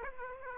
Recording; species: mosquito wingbeat signal from an infrared sensor; Aedes aegypti